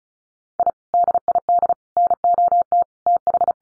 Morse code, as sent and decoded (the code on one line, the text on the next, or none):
.. / -.. .. -.. / -. --- - / - ....
I DID NOT TH